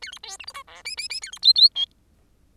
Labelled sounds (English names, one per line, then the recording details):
Bengalese Finch song
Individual Bird10